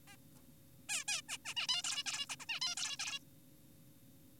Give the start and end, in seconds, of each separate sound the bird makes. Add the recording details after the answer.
0.08-0.16, 0.89-1.04, 1.08-1.22, 1.29-1.38, 1.45-1.54, 1.57-1.67, 1.69-1.82, 1.84-2.03, 2.06-2.26, 2.30-2.36, 2.40-2.46, 2.49-2.60, 2.62-2.75, 2.77-2.97, 3.00-3.19. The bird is an adult. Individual g4p5U